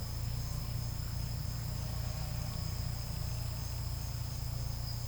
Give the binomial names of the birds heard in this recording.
none